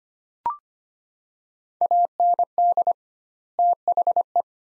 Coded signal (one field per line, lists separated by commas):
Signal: Morse code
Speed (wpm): 25 wpm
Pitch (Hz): 700 Hz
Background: none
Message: AND THE